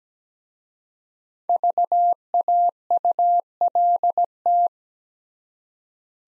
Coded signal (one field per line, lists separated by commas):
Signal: Morse code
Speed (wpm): 17 wpm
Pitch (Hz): 700 Hz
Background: none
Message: VAULT